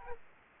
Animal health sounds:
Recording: mosquito wingbeat signal from an infrared sensor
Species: Aedes aegypti

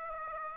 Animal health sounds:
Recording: mosquito wingbeat signal from an infrared sensor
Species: Aedes aegypti

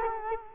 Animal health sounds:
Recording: mosquito wingbeat signal from an infrared sensor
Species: Culex quinquefasciatus

